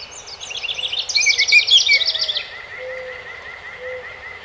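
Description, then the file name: House wren song opening with tumbling high notes into a loud rattling trill, then a long run of evenly spaced lower chirps and soft low whistles. Recorded on 12 May 2018. "2018-05-12 HOWR"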